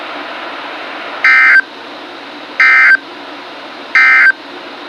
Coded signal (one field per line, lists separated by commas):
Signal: Emergency Alert System (SAME) tones